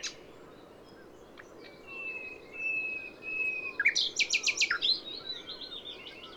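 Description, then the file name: Common nightingale song: soft whistled notes, then a sudden loud burst of rapid repeated chirps around four seconds. "Luscinia megarhynchos"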